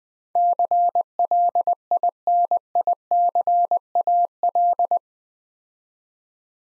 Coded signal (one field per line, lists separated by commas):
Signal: Morse code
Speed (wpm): 20 wpm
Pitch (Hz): 700 Hz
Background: none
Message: CLINICAL